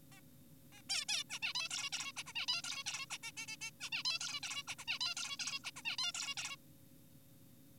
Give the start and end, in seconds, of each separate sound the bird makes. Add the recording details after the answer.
0.12-0.21, 0.73-0.82, 0.90-1.05, 1.09-1.23, 1.30-1.39, 1.42-1.53, 1.55-1.68, 1.71-1.90, 1.93-2.12, 2.17-2.23, 2.26-2.33, 2.36-2.46, 2.48-2.62, 2.64-2.84, 2.86-3.06, 3.10-3.18, 3.23-3.32, 3.37-3.46, 3.48-3.57, 3.61-3.71, 3.81-3.90, 3.92-4.03, 4.05-4.19, 4.21-4.40, 4.43-4.63, 4.68-4.75, 4.79-4.85, 4.88-4.98, 5.01-5.15, 5.17-5.37, 5.40-5.60, 5.64-5.71, 5.76-5.82, 5.85-5.96, 5.99-6.12, 6.14-6.34, 6.37-6.56. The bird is an adult. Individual g4p5U